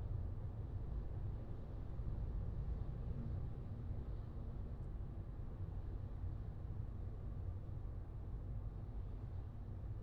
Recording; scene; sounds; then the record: everyday scene through a hearing-aid microphone; in a vehicle; engine, highway driving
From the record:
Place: Skoda Fabia, gasoline engine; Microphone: in the ear canal, left